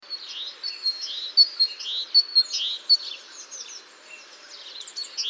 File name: Parus major